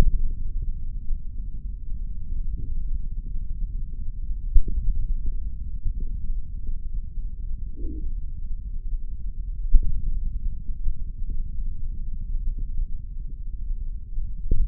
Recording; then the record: forearm muscle sounds (acoustic myography)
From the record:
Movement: index flexion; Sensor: system 3, bracelet of six PUI Audio POM-2738L microphones around the upper forearm, with dedicated amplification and filtering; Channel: 4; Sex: male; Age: 55 years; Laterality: right